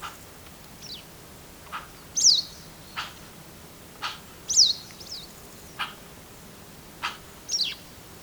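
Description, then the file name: Eurasian magpie calls, a run of brief rasping bursts, with several high downward-slurred notes among them against faint background noise. "Pica pica"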